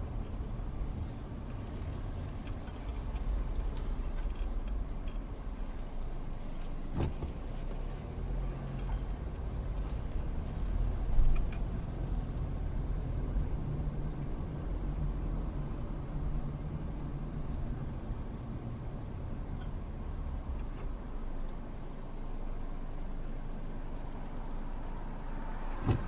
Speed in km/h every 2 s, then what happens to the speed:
8, 3, 2, 2, 5, 11, 16, 16, 11, 6, 0, 0, 0.
0-4 slows to 2. 4-6 standing. 6-11 pulls away to 16. 14-19 slows to 0. 19-26 standing.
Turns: none.